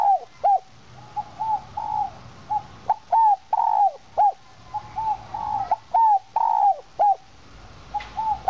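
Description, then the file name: Spotted dove coos in a steady run of short and longer arched hoots, phrases following one another with barely a pause throughout. Cooing in the 'giọng kim' voice style. "Tieng chim Cu gay giong kim. tieng cu gay giong kim"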